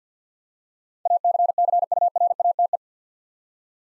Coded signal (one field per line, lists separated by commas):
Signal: Morse code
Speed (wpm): 50 wpm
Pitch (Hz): 700 Hz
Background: none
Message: ACCURATE